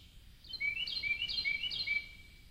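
Carolina wren giving one quick run of four ringing, repeated phrases, then falling quiet.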